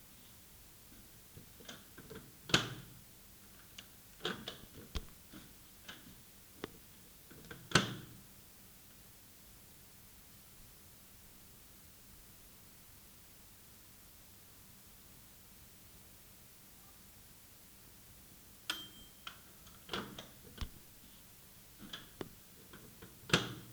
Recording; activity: daily activity, guitar pickup as the sensor; use microwave